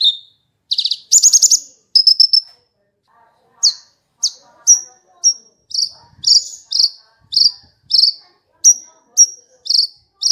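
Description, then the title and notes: Bush lark singing a lively series of clear, high chirping notes, some buzzy and trilled, repeated at a steady pace with short gaps. "Kicau Burung Branjangan"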